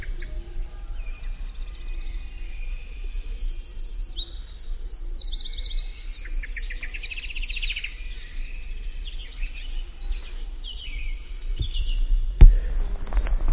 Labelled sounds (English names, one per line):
Eurasian Wren